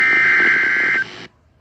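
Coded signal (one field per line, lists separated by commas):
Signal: Emergency Alert System (SAME) tones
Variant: header bursts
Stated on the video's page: Severe thunderstorm warning from a NOAA Weather Radio transmitter at Pecos, Texas.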